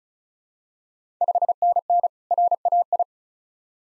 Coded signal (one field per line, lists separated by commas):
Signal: Morse code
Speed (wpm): 36 wpm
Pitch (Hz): 700 Hz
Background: none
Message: 5NN RAI